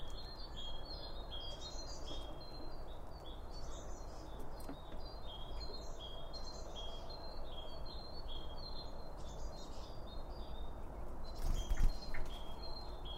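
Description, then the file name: Birds chirping in rapid high twittering series, repeated again and again, with a brief knock near the end and a steady low hum. Birds around a bird feeder; recorded with two Line Audio OM1 microphones. "Birds Around Birdfeeding With Two Om 1 From Line Audio"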